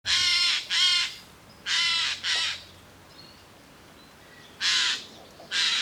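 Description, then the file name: Eurasian jay giving harsh, rasping screeches, mostly in pairs, with quiet gaps between the pairs. "Garrulus glandarius"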